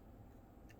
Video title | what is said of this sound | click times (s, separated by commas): MCK Gen 2 (I got some extendos for my Glock!!!) | catches right in there folds into a nice little compact package | 0.7 s